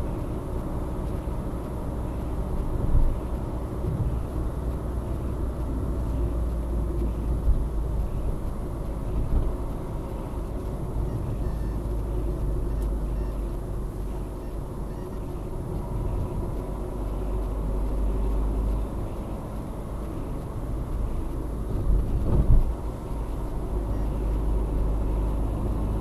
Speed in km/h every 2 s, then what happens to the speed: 65, 66, 65, 58, 55, 54, 52, 50, 50, 50, 53, 50, 54.
0-5 steady at about 65. 5-14 slows to 50. 14-26 steady at about 50.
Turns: none.